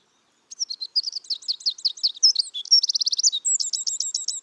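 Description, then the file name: Eurasian wren song starting after half a second, a hurried string of high chattering notes, a fast trill and sharp repeated phrases, continuing to the end. "Troglodytes troglodytes"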